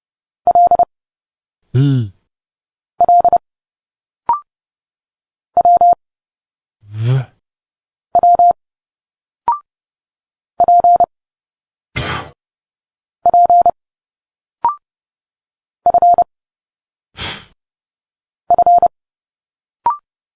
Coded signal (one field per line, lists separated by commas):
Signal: Morse code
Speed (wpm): 30 wpm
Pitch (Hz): 700 Hz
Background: none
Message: L L W W P P F F